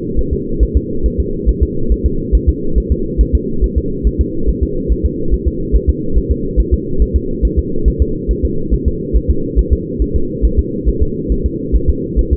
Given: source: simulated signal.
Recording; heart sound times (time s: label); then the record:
fetal heart sounds
0.19 s: S1
0.33 s: S2
0.63 s: S1
0.77 s: S2
1.06 s: S1
1.20 s: S2
1.49 s: S1
1.63 s: S2
1.92 s: S1
2.06 s: S2
2.35 s: S1
2.49 s: S2
2.78 s: S1
2.92 s: S2
3.21 s: S1
3.35 s: S2
3.64 s: S1
3.78 s: S2
4.07 s: S1
4.21 s: S2
4.49 s: S1
4.63 s: S2
4.92 s: S1
5.06 s: S2
5.34 s: S1
5.48 s: S2
5.75 s: S1
5.90 s: S2
6.18 s: S1
6.31 s: S2
6.60 s: S1
6.74 s: S2
7.02 s: S1
7.16 s: S2
7.45 s: S1
7.59 s: S2
7.88 s: S1
8.02 s: S2
8.31 s: S1
8.45 s: S2
8.74 s: S1
8.88 s: S2
9.17 s: S1
9.30 s: S2
9.59 s: S1
9.73 s: S2
10.02 s: S1
10.16 s: S2
10.45 s: S1
10.59 s: S2
10.88 s: S1
11.03 s: S2
11.32 s: S1
11.46 s: S2
11.76 s: S1
11.90 s: S2
12.19 s: S1
12.33 s: S2
From the record:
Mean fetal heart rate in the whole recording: 140 bpm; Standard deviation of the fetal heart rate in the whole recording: 2 bpm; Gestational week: 34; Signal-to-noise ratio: -8.1 dB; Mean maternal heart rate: 72 bpm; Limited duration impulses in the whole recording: absent